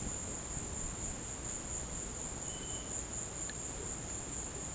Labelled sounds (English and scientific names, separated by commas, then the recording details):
none
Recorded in dense forest near Puerto Asís, Putumayo, Colombia, on 22 December 2024 at 16:00
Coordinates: 0.484, -76.317
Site G026